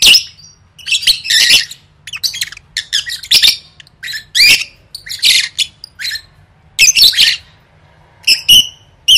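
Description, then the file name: Lovebird squawks and chirps: loud, harsh, high-pitched bursts spaced irregularly, ending with a few clearer whistled squeaks. "tieng vet mau don"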